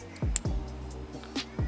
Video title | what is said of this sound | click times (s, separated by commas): Myvi G3—Cara pasang LED DRL secara DIY! (BM Sub) | Make sure to connect it until it makes a click sound. | 0.4 s